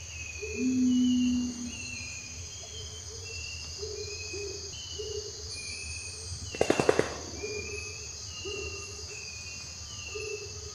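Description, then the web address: Long-wattled umbrellabird uttering one low, droning boom near the start, then constant insect buzz, faint bird calls and a brief rattling burst. "Long wattled umbrellabird. پرنده-چتر-مرغ-غبغب-دراز"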